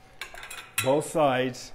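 A spring push-pin is pushed into a hole in the balance bar tube of a rebounder while the balance bar is assembled, and it snaps into place with a single sharp metallic hit at 0.2 s. Someone talks throughout, and the pin is seated.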